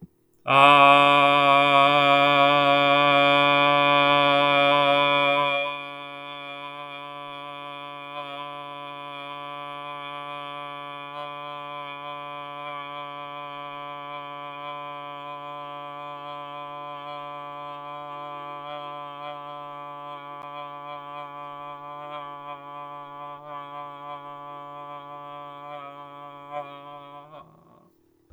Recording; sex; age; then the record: vowel held as long as possible; male; 30 to 39 years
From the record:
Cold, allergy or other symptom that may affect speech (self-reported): no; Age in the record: 38 years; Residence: Florida, United States